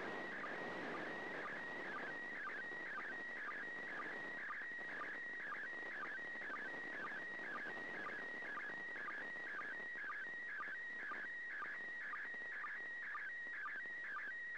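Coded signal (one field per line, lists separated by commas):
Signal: SSTV (slow-scan television)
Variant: PD 120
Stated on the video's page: SSTV images in PD 120 format transmitted from the International Space Station on 145.800 MHz, third pass.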